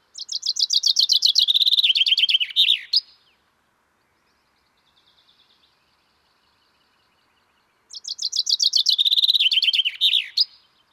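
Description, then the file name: Common chaffinch singing two similar descending trilled phrases, each closing with a flourish, separated by about five seconds of near silence with a faint soft twitter. "Fringilla coelebs"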